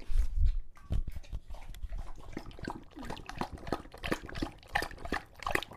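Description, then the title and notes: English Bulldog slurping water from a bowl, with irregular wet laps and splashes. Male English Bulldog drinking from a water bowl after a long walk, breathing heavily between drinks because he is out of breath from the walk and the long drinking. "Lucho the English Bulldog"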